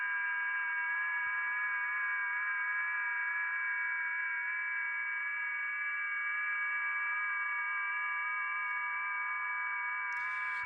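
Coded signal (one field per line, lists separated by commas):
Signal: FT8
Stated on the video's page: Amateur HF contacts made live on air using a homemade Christmas-light antenna.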